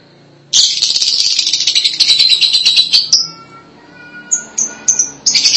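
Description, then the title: Lovebird calls: prolonged shrill high-pitched chattering, easing into separate sharp chirps toward the end. "BM Suara Burung Lovebird"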